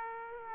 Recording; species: mosquito wingbeat signal from an infrared sensor; Aedes aegypti